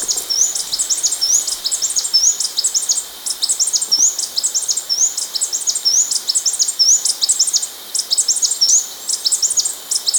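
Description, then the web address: Blue-backed conebill with an unbroken, high-pitched chittering series, short slurred notes recurring at a steady pace among rapid tinny chips. Ecuador. "Natures Songs S America Birds of Ecuador. Blue-Backed Conebill"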